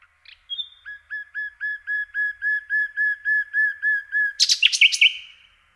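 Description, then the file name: Common nightingale song opening with a long series of evenly spaced, slurred whistles, then ending in a sudden burst of harsh, high notes. "Slowik rdzawy"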